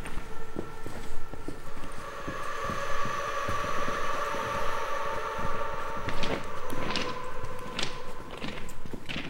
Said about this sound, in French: C'est le viaduc de Senorme qui permet lui aussi de gagner quelques dizaines de mètres. Mais c'est un viaduc en plein air et qui est spectaculaire lorsque les trains y passent dessus.